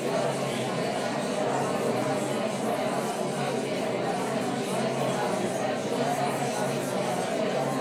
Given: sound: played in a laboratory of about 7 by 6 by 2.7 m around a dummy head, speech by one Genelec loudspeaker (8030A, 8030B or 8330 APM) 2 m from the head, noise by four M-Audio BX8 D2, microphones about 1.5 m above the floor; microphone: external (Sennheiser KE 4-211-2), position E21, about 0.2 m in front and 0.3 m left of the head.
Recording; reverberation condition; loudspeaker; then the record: babble noise; medium; four, about 170 cm from the corners of the room and facing them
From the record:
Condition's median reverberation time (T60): about 510 ms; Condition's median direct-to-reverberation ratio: about -0.5 dB